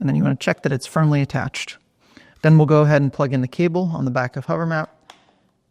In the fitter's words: again you're listening for that nice positive click that it's secured in place